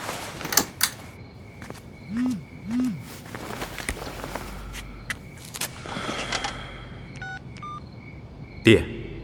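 A phone call being placed: a few short keypad dialing beeps and a pair of low warbling rings that go unanswered, set against faint clattering background noise and a sharp knock near the end.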